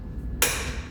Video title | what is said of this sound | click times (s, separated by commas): Levo Head Positioning System | You'll hear it snap. | 0.4 s